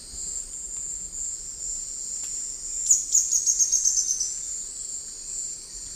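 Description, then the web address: Ornate stipplethroat song: a quick series of about eight high, thin notes, descending slightly in pitch, over a steady shrill insect drone. Song; eastern lowlands of South America. "Natures Songs S America Eastern Lowlands. Epinecrophylla ornata, song"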